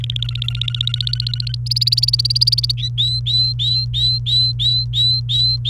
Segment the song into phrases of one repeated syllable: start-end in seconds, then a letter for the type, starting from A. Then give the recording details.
0.01-1.55 A, 1.66-2.72 B, 2.78-5.70 C. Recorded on 28 April 2018 at 11:43. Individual llb3